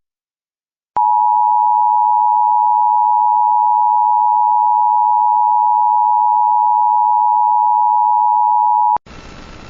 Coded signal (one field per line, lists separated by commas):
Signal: Emergency Alert System (SAME) tones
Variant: 853 and 960 Hz attention tone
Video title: rare eas alerts